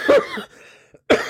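Two harsh, loud cough bursts about a second apart from an adult woman with a persistent, debilitating cough; tests for COVID and flu were negative. The coughing sometimes brings her close to vomiting and physically hurts.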